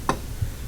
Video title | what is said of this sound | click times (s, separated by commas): Yakima Baseline & JetStream Roof Rack Installation | and slide it up underneath the bottom clicked right in there | 0.1 s